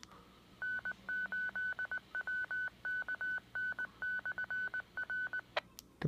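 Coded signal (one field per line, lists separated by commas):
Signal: Morse code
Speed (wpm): 19 wpm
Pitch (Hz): 1500 Hz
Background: none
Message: N8WKN/R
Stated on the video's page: Grand Rapids area repeater idents, plus weather radio station.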